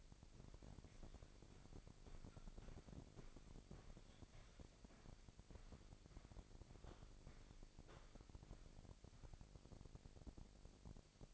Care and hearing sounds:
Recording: daily activity, microphone in the room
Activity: walk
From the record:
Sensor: 5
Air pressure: 1001.8 hPa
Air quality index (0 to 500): 184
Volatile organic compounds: 12 ppm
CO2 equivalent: 2374 ppm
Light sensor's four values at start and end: 32/106/40/43 and 32/106/40/43

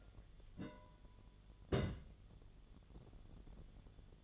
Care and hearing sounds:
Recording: daily activity, microphone in the room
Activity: place on stove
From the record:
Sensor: 4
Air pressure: 1010.9 hPa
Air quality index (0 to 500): 166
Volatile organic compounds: 4 ppm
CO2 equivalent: 1696 ppm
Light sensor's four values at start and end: 41/116/47/48 and 41/116/46/48

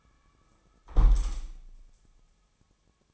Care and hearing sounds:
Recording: daily activity, microphone in the room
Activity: close window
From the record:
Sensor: 1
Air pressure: 1000.5 hPa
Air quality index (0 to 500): 175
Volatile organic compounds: 4 ppm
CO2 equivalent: 1606 ppm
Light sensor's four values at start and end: 10/24/10/12 and 10/24/10/11

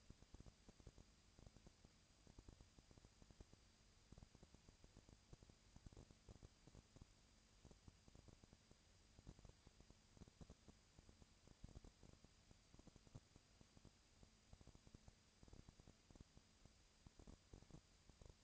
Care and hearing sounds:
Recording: daily activity, microphone in the room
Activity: no activity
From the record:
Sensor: 2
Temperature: 20.1 degrees Celsius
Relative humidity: 35.5%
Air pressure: 996.8 hPa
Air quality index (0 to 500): 197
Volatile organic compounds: 30 ppm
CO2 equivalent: 2948 ppm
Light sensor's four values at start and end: 2/3/2/2 and 2/3/2/2

